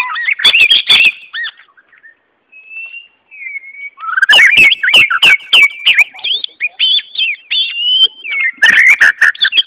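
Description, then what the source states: White-rumped shama song, bursts of rich whistled and chattering notes with harsh clicks, a quieter stretch with faint whistles, then a long varied run of slurred whistles. Song, Malaysia.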